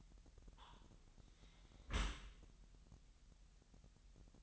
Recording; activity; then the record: daily activity, microphone in the room; close dishwasher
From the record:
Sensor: 3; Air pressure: 998.2 hPa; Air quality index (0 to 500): 150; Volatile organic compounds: 5 ppm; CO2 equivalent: 1802 ppm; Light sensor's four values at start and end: 13/38/15/14 and 13/38/15/14